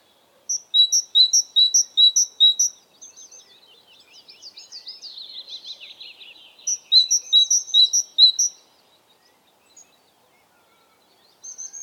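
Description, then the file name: Great tit singing quick repeated two-note phrases in two runs, with softer jumbled twittering between them. "Parus major"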